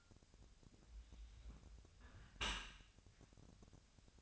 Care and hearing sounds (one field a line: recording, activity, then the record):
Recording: daily activity, microphone in the room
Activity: close dishwasher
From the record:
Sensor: 2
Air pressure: 1006.6 hPa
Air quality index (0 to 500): 202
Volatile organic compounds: 14 ppm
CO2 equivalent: 2472 ppm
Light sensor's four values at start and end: 9/21/9/9 and 9/21/9/9